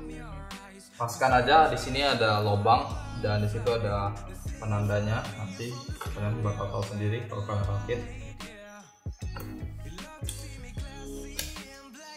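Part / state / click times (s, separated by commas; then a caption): RAM module into motherboard DIMM slot / seated / 10.3 s, 11.4 s. A RAM module is pressed into a motherboard DIMM slot until both slot clips snap shut, with two sharp clicks at 10.3 s and 11.4 s. Someone talks over music playing underneath. The RAM is seated, with both sides clicked in.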